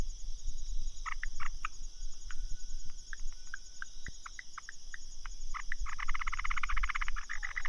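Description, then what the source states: Frog calls, scattered short clicks and croaks at first, building into a fast dense pulsed chorus over the last two seconds, over a constant high drone. Recorded 15 March 2015.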